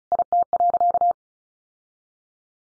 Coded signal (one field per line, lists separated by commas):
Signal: Morse code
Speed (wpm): 34 wpm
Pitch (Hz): 700 Hz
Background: none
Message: IT.